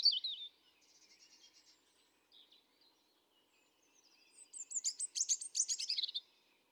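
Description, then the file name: European robin singing: a loud high note, a soft thin warbled trill, then a bright tumbling burst of rapid high twittering and sharp descending notes. Recorded 31 July 2017. "Erithacus rubecula 310717"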